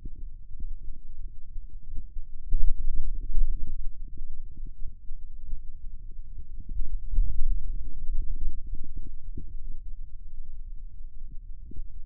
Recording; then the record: forearm muscle sounds (acoustic myography)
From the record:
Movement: hand opening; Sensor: system 2, bracelet of six BSWA MPA416 microphones around the upper forearm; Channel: 5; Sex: male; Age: 22 years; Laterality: right